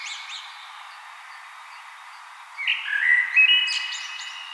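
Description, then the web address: Common blackbird: after a faint high chirp and a quiet stretch, one clear fluty warbled phrase ends in a scratchy high twitter. "SETE Turdus merula"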